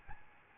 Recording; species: mosquito wingbeat signal from an infrared sensor; Aedes albopictus